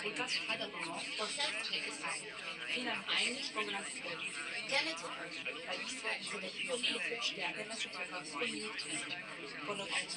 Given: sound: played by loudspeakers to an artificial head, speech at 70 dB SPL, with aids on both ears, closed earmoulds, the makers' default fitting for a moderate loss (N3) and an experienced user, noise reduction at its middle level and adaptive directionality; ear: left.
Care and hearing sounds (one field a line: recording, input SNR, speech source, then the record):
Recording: speech test signal (ISTS) in cocktail-party noise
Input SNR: 0 dB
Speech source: on the right (90 degrees)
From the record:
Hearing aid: class 2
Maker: I